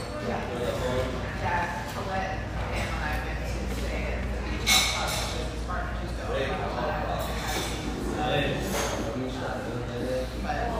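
Lively tea room chatter, many overlapping voices over a steady low hum, with occasional clinks and a sharp bright clatter near five seconds.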